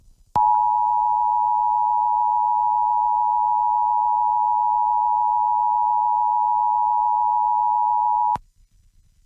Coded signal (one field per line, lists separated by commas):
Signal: Emergency Alert System (SAME) tones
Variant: 853 and 960 Hz attention tone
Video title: Emergency Alert System Hurricane Hilary for Los Angeles KWHY 22 - August 20, 2023